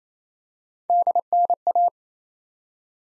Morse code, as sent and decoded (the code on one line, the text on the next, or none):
-.. -. .-
DNA